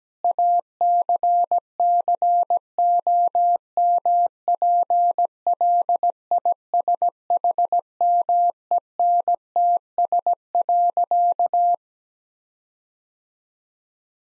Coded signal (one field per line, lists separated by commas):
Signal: Morse code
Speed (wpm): 17 wpm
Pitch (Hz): 700 Hz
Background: none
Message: ACCOMPLISHMENTS.